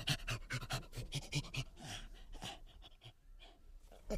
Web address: chimpanzee